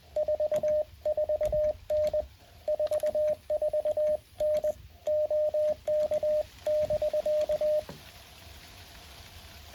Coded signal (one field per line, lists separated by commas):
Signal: Morse code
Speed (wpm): 21 wpm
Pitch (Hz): 610 Hz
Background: radio noise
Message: 44N 44N OK<BK>